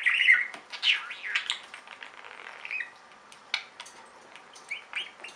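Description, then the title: Budgerigar warbling with bent, wavering chirps at the start, then scattered clicks and a few short squawks. "Budgie Sounds"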